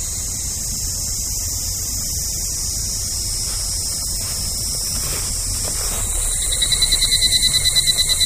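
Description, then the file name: Evening cicada: a rapid, evenly spaced series of loud pulsing beats in the last two seconds, over a steady shrill high drone. "kanakana"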